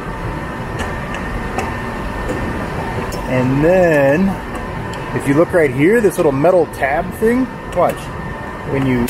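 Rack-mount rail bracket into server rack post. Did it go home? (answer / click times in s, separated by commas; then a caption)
no / none. A rack-mount rail bracket has its holes lined up with a server rack post, and a small metal tab on it is pointed out, but nothing has seated or clicked yet. Someone talks from about 3.3 seconds on over a steady background hum, with no sharp sounds.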